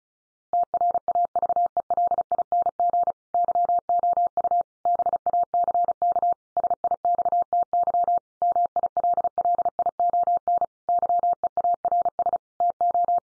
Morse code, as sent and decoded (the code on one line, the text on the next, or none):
- .-. .- ...- . .-.. .. -. --. / -.-- --- ..- / -... .- -.-. -.- / ... .. -..- - -.-- / -- .. .-.. .-.. .. --- -. / -.-- . .- .-. ... / - ---
TRAVELING YOU BACK SIXTY MILLION YEARS TO